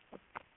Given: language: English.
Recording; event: throat vibration sensor signal played as sound; swallow